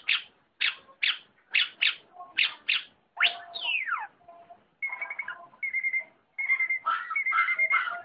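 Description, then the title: Long-tailed shrike song: a run of sharp, evenly spaced chirps, then slurred downward whistles and steady high whistled notes mixed with quicker chattering phrases. Combination song (kombinasi) style. "Cendet Kombinasi"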